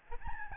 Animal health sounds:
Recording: mosquito wingbeat signal from an infrared sensor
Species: Aedes albopictus

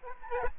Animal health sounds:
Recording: mosquito wingbeat signal from an infrared sensor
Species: Aedes aegypti

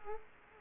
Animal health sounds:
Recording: mosquito wingbeat signal from an infrared sensor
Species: Culex quinquefasciatus

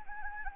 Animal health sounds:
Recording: mosquito wingbeat signal from an infrared sensor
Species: Anopheles gambiae

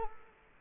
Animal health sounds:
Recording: mosquito wingbeat signal from an infrared sensor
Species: Culex quinquefasciatus

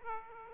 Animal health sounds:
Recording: mosquito wingbeat signal from an infrared sensor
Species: Aedes aegypti

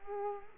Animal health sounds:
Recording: mosquito wingbeat signal from an infrared sensor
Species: Culex quinquefasciatus

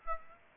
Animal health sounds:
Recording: mosquito wingbeat signal from an infrared sensor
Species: Aedes aegypti

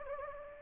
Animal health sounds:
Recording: mosquito wingbeat signal from an infrared sensor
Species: Anopheles gambiae

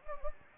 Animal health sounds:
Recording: mosquito wingbeat signal from an infrared sensor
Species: Anopheles gambiae

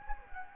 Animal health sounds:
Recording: mosquito wingbeat signal from an infrared sensor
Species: Anopheles gambiae

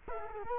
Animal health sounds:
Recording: mosquito wingbeat signal from an infrared sensor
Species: Culex quinquefasciatus

